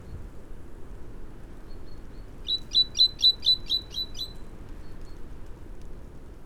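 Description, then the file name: Great tit calling a short series of seven sharp, high, evenly spaced notes, rapid and ringing, with quiet background hiss before and after. "Parus major"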